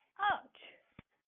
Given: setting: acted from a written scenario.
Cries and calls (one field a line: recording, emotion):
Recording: vocal sound without words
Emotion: pain